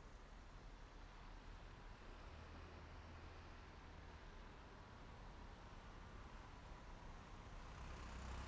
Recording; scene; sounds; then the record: everyday scene through a hearing-aid microphone; in traffic; traffic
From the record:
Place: main road on the outskirts, rush hour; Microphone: behind the ear, right, rear